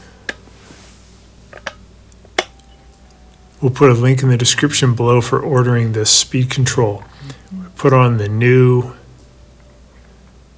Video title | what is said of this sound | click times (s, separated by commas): ✨ OLDER FRIGIDAIRE WASHER ISN’T SPINNING or AGITATING - EASY DIY FIX ✨ | so i'll fit it into the little slots down there and i'll push the top of it in until it clicks | 2.4 s